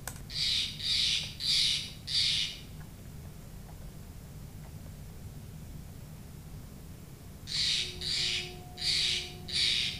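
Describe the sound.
Steller's Jay calls: four harsh, rasping notes about half a second apart, a long pause, then four more.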